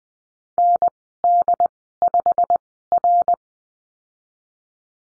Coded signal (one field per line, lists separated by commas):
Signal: Morse code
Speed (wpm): 20 wpm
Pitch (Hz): 700 Hz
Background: none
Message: ND5R